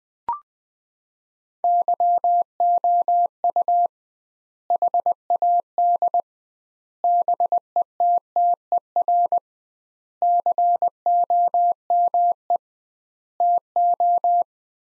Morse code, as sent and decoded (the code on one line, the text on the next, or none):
-.-- --- ..- / .... .- -.. / -... . - - . .-. / -.-. --- -- . / - ---
YOU HAD BETTER COME TO